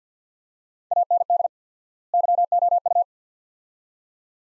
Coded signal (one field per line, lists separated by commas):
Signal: Morse code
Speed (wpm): 50 wpm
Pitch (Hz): 700 Hz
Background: none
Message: AND YOU